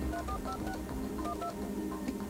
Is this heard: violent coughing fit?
no